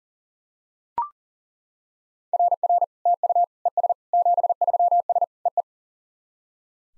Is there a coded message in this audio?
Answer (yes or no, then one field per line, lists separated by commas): yes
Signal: Morse code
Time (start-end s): 2.3-5.6 s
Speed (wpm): 40 wpm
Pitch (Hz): 700 Hz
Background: none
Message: RR TU ES 73S EE